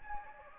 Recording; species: mosquito wingbeat signal from an infrared sensor; Anopheles gambiae